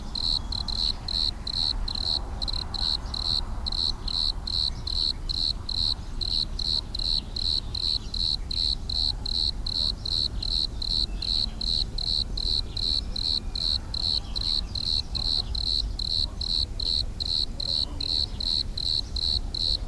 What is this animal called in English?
Bordeaux Cricket